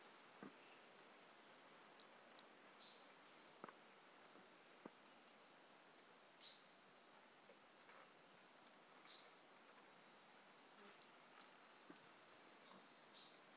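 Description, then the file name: Brachycephalus mirissimus toadlet: repeated thin high notes at irregular intervals, some paired and sharp, others softer and smeared, over faint background hiss. Individual 01, recorded 18 January 2018; the animal was not collected. "Brachycephalus mirissimus 18 jan 2018 individual 01 ex 02 A E Confetti not collected"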